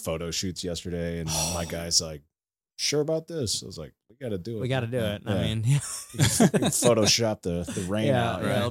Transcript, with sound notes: No, it's photo shoots yesterday. And my guy's like, sure about this. I was like, we gotta do it.
We gotta do it. I mean, yeah. (laughing)
You can Photoshop the rain out, right?